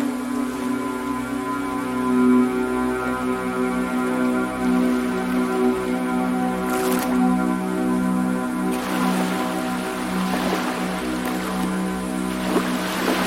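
Ambient music plays as a steady, layered drone of held low and middle tones, joined after about seven seconds by a slow pulse of repeated soft notes. Ocean waves wash through as hissing surges around seven seconds and again from nine seconds on.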